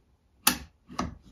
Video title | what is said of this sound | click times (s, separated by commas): Understanding the Festool df500 unboxing and review | Line that one in, line that in, and you listen for a click. | 0.5 s